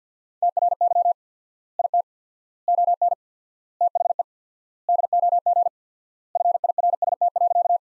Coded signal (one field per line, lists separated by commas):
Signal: Morse code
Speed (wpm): 50 wpm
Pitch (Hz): 700 Hz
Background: none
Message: TRY IT ON THE DOG FIRST.